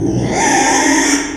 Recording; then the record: squeal of a Yucatan mini pig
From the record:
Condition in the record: after surgery on the right vocal fold (resection and tissue-engineered implant); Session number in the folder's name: 3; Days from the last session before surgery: 33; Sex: male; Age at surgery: 12 weeks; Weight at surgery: 13 kg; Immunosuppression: cyclosporine, prednisolone